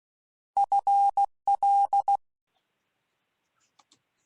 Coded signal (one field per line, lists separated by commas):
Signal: Morse code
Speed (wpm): 16 wpm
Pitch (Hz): 800 Hz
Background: none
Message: FL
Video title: CW Methodologies and Sound Bites WA7RSO